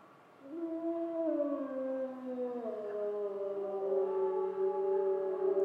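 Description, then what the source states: Grey wolf: grey wolves howling in chorus, several long overlapping tones starting about half a second in, some sliding downward and others holding steady, building into a dense layered sound. Wolves recorded in Schorfheide on 29 October 2015.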